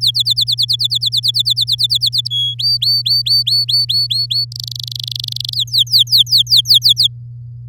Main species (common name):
Domestic Canary